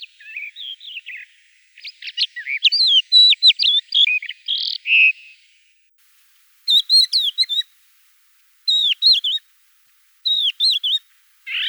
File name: Galerida cristata